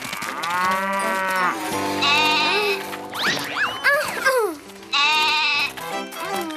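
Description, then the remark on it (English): Loud, wavering goat bleats call out repeatedly, several overlapping in a rough, nasal chorus with some rising and falling cries in between, and no talking. “Stop, goat!”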